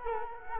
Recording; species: mosquito wingbeat signal from an infrared sensor; Culex quinquefasciatus